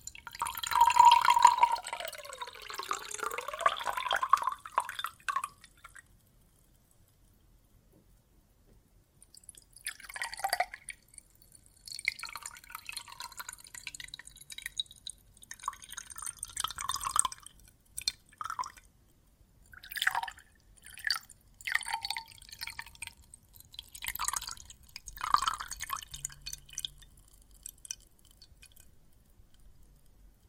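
Water and soap foam sounds: a wet, hissing fizz with a brief whistling tone fills the first five seconds, then drops to near silence. From about ten seconds on, irregular crackling pops, drips and small squelches come in uneven bursts through to the end.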